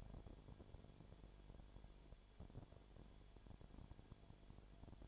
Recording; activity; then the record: daily activity, microphone in the room; no activity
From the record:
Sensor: 5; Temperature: 19.9 degrees Celsius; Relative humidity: 37.1%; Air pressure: 1007.4 hPa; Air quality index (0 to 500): 84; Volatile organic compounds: 1 ppm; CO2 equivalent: 958 ppm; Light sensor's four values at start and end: 2/3/1/1 and 2/3/1/1